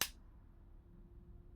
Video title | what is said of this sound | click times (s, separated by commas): Lego Technic RB20 F1 Car review #f1 | You have a little lever here that you can just snap in place and then this will | 0.0 s